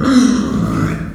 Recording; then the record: squeal of a Yucatan mini pig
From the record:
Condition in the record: after surgery on the right vocal fold (resection and tissue-engineered implant); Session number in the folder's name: 6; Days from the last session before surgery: 40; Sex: female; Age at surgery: 19 weeks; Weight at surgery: 25 kg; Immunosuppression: prednisolone